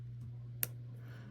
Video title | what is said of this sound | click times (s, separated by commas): AMBASSADEUR SX - How to change your brakes | just hear a nice little click you don't need to do it very hard I actually advise | 0.6 s